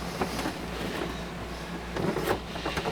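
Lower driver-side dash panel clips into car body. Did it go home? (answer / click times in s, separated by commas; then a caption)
no / none. A lower driver-side plastic dash panel is handled and pressed toward the car body to push its remaining clips in, with low rumbling and scattered soft knocks and rustles. Nothing has seated or clicked yet.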